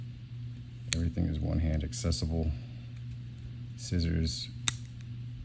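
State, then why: Seated. Scissors in a multitool handle are swung open while someone talks, and they lock with one sharp click at 4.7 s. The scissors are seated, locked open.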